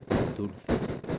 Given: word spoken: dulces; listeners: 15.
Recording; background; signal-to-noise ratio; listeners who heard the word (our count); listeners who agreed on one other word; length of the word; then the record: one Spanish word in noise, from a listening test; noise modulated by one talker; -7.1 dB; 1 of 15; 9 of 15; 0.79 s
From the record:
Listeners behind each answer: 9, 1, 1, 1, 1, 1, 1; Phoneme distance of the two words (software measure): 7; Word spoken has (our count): 2 syllables, 6 phonemes, stress on syllable 1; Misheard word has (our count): 2 syllables, 5 phonemes, stress on syllable 1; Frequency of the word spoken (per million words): 14.24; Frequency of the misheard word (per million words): 40.10